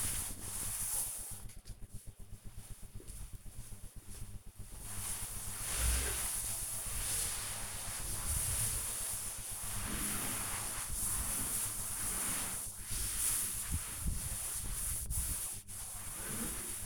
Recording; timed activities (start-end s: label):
household activities, microphone on the right wrist
0.00-16.86 s: cleaning table